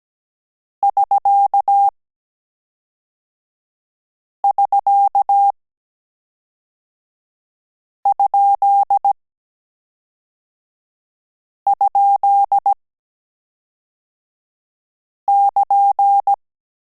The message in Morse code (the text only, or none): <SK><SK>??<KN>